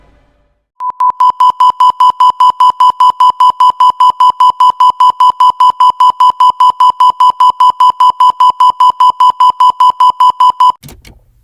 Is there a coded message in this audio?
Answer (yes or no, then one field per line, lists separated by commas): no